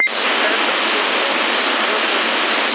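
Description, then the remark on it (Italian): Rain static on a CB radio receiver in Sassari as rain starts: a dense, steady rushing hiss with a faint crackle, thin and band-limited, holding an even loudness throughout with no voices. “Ho dovuto mettere il noise blanker perché è partito proprio il rumoraccio della pioggia.”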